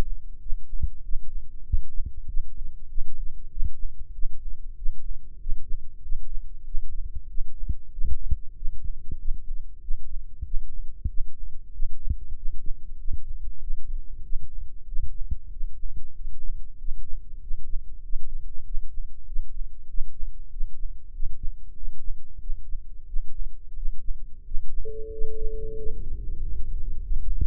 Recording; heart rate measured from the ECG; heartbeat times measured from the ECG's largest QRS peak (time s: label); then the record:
heart sounds by microphone in the right ear; 95 bpm
0.38 s: heartbeat
1.01 s: heartbeat
1.63 s: heartbeat
2.25 s: heartbeat
2.86 s: heartbeat
3.48 s: heartbeat
4.11 s: heartbeat
4.74 s: heartbeat
5.37 s: heartbeat
6.00 s: heartbeat
6.63 s: heartbeat
7.26 s: heartbeat
7.89 s: heartbeat
8.53 s: heartbeat
9.16 s: heartbeat
9.79 s: heartbeat
10.42 s: heartbeat
11.06 s: heartbeat
11.70 s: heartbeat
12.33 s: heartbeat
12.96 s: heartbeat
13.58 s: heartbeat
14.21 s: heartbeat
14.84 s: heartbeat
15.48 s: heartbeat
16.12 s: heartbeat
16.76 s: heartbeat
17.38 s: heartbeat
18.00 s: heartbeat
18.62 s: heartbeat
19.24 s: heartbeat
19.86 s: heartbeat
20.48 s: heartbeat
21.10 s: heartbeat
21.73 s: heartbeat
22.37 s: heartbeat
23.04 s: heartbeat
23.73 s: heartbeat
24.42 s: heartbeat
25.09 s: heartbeat
25.75 s: heartbeat
26.39 s: heartbeat
27.01 s: heartbeat
From the record:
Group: healthy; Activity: rest 0-26 s, breath hold 26-28 s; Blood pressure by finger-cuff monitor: 100/68 mmHg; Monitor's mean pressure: 77 mmHg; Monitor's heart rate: 95 bpm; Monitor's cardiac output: 7.6 L/min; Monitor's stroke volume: 80 mL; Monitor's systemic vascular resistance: 730 dyn s/cm5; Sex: male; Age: 19 years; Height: 178 cm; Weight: 83 kg